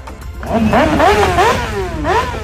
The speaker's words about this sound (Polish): Motocykliści w strojach Mikołajów przejechali ulicami Białegostoku.